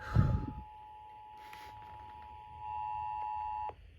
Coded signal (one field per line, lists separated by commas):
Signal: Emergency Alert System (SAME) tones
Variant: 853 and 960 Hz attention tone